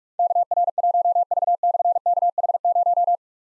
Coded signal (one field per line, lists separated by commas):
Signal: Morse code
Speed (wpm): 44 wpm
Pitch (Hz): 700 Hz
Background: none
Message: KR1V/KH0